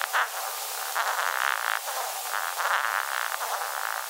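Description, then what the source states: Horned beetle courtship song: scratchy buzzing bursts, some short and some longer, following one another with short breaks. Male horned beetles singing to court females rather than using their horns; females ignore the horns.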